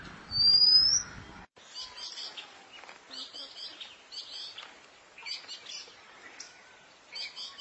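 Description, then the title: Oriental magpie-robin song: one loud rising whistle at the start, then a run of thin, high chirped notes repeated in short groups. Chirping song (kicauan) of the bird. "Suara Kicauan Burung Kacer Durasi Panjang"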